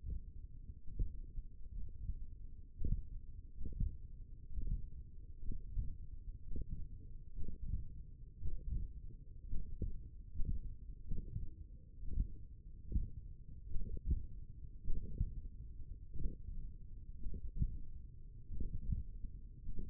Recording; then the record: forearm muscle sounds (acoustic myography)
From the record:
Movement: finger pinch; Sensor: system 1, eight BSWA MPA416 microphones around the upper forearm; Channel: 1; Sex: male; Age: 42 years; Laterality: right